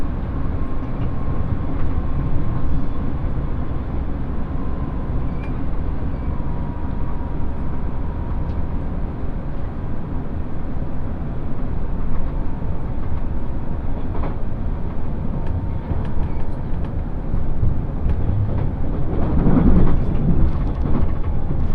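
Inside the limited express Ishizuchi 101 on the Yosan Line, a steady low rumble of the moving train fills the whole stretch. A faint whine holds near one pitch through the middle, and around nineteen to twenty seconds a brief clatter and rise in loudness break through.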